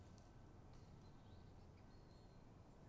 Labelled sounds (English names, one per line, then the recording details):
Great Spotted Woodpecker
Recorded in Germany
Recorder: ecoPi